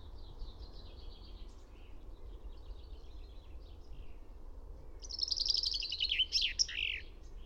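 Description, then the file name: Common chaffinch song: faint scattered notes early on, then a loud rattling descending trill with a terminal flourish near the end, over steady low background rumble. "Fringilla coelebs"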